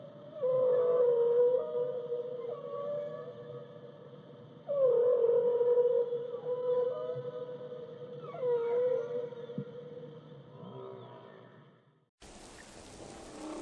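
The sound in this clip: Whale song of long, steady, mid-pitched tonal moans with faint wavering harmonics, ending in a sudden burst of broad hiss.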